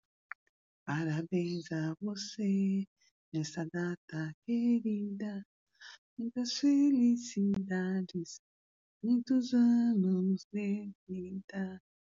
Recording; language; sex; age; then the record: short text; Brazilian Portuguese; female; 60 to 69 years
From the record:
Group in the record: control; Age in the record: 67 years